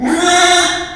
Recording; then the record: squeal of a Yucatan mini pig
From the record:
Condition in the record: after surgery on the right vocal fold (resection and tissue-engineered implant); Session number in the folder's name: 3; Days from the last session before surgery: 33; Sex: male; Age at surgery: 12 weeks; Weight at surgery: 13 kg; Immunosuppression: cyclosporine, prednisolone